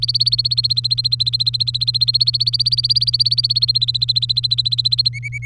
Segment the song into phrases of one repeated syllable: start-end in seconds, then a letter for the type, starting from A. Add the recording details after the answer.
0.00-5.09 A, 5.13-5.45 B. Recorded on 3 May 2018 at 14:37. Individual llb3